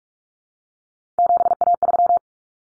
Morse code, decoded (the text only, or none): 7A3